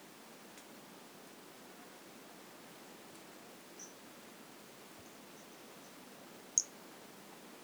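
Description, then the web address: White-lined pumpkin toadlet giving faint high peeps, then one sharp bright chirp near the end, over low even hiss. Recorded in 2018. "2018 Brachycephalus albolineatus"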